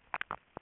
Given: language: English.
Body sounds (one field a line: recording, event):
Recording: throat vibration sensor signal played as sound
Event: swallow